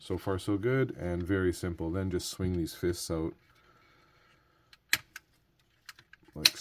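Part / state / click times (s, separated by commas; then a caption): plastic fist joints on a transforming toy figure's arms / seated / 4.9 s, 6.5 s. Someone talks, then the plastic fists on the arms of a transforming robot toy figure are swung out on their joints. Sharp plastic clicks are heard as they click into place at 4.9 s and 6.5 s, with a few softer taps in between.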